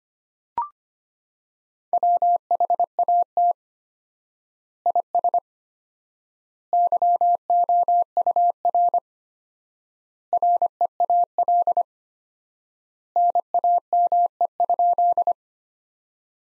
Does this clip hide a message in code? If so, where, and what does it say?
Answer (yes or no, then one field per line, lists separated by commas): yes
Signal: Morse code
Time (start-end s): 1.9-15.3 s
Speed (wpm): 25 wpm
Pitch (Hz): 700 Hz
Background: none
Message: WHAT IS YOUR REAL NAME?